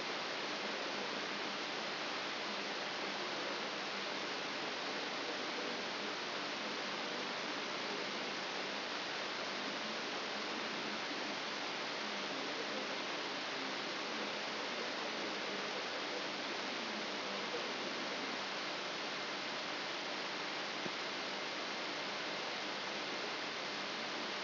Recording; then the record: brain microelectrode recording played as sound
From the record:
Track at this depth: inside the subthalamic nucleus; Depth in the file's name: 4.302 mm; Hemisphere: left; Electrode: 3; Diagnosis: Parkinson's disease